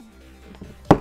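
A hinged plastic lid on a wireless earbud charging case is closed and snaps shut magnetically, giving a sharp click at 0.9 s after a faint tick near 0.6 s. The lid shuts cleanly and is fully closed.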